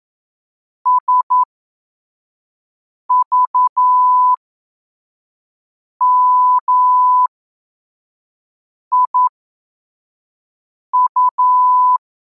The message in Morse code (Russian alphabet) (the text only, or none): СЖМИУ